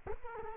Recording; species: mosquito wingbeat signal from an infrared sensor; Culex quinquefasciatus